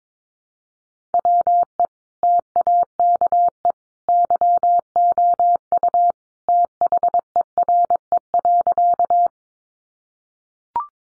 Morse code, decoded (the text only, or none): WE TAKE YOU THERE.